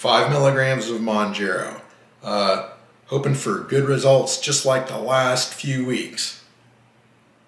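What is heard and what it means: Someone talks while holding a single-use injector pen against the belly, about to press its purple trigger button, which fires the needle. Only speech is heard, ending in near silence; the button has not been pressed and nothing has clicked yet.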